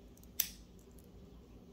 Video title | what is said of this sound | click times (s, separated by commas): The Only Watch I Really Need: Seiko SUR307 on Straps!!! | very satisfying click there I have it in two pieces here um | 0.4 s